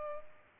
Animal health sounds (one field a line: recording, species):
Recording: mosquito wingbeat signal from an infrared sensor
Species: Culex pipiens